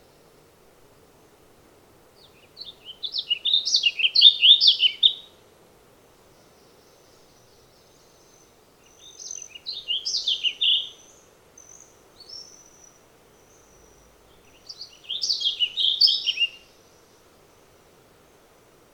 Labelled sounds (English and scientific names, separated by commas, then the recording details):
Warbling Vireo (Vireo gilvus) song
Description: Warbling Vireo song recorded on the Fern Lake Trail in Rocky Mountain National Park
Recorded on 10 June 2015